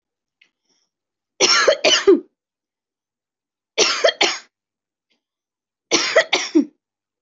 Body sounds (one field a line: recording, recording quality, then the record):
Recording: heavy voluntary cough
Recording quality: excellent, no background noise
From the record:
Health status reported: healthy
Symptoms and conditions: none ticked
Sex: female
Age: 27 years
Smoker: not ticked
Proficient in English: yes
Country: India